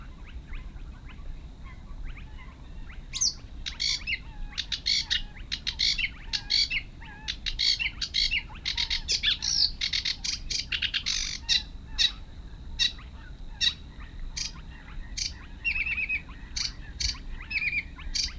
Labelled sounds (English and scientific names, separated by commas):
Sedge Warbler (Acrocephalus schoenobaenus) song